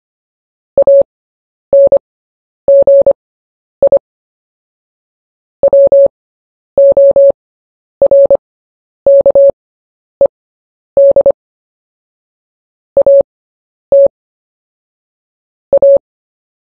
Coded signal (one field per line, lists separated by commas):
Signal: Morse code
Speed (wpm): 25 wpm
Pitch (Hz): 560 Hz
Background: none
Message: ANGI WORKED AT A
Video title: Short Story 1 at 10 WPM